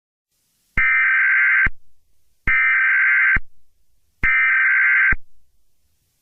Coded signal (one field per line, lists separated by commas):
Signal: Emergency Alert System (SAME) tones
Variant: header bursts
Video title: Eas scenario 7 toxic virus (part 2)